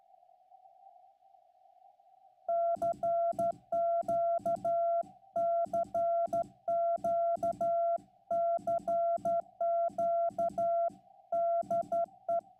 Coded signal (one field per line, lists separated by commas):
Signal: Morse code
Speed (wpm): 12 wpm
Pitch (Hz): 680 Hz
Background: none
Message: CQ CQ CQ DE